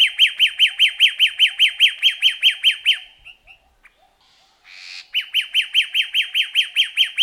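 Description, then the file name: Himalayan bulbul giving a fast series of identical sharp, downslurred notes, pausing midway before a brief rushing noise and the series resuming. "kuthya himalaya omkicau"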